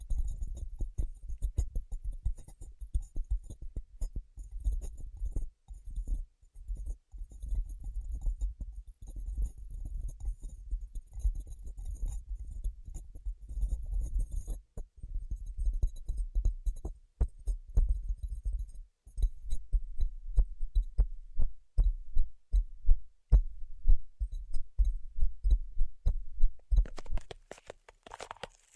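Rapid, irregular tapping with a deep thumping low end fills most of the clip, ending in a brief brighter rustle near the end.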